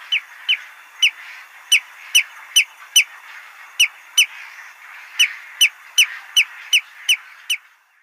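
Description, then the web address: Common greenshank chick giving many high, sharp peeping notes in uneven bursts with short gaps, over a faint steady hiss. Nestling. "Schulze Peter Greenshank nestling"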